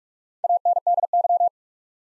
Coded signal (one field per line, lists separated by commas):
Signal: Morse code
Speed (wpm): 41 wpm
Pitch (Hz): 700 Hz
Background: none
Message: ANDY